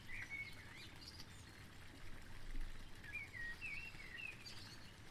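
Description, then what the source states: Bird giving clear whistled chirps, a few near the start and a run of sliding notes after three seconds, over rushing water. Birds recorded together with water sounds.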